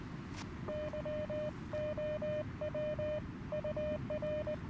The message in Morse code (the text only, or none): YOW UR